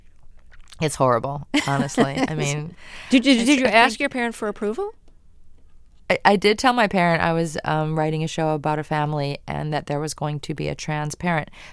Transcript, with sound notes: It's horrible, honestly. I mean...
(Laughter) Did you ask your parent for approval?
I did tell my parent I was writing a show about a family and that there was going to be a trans-parent.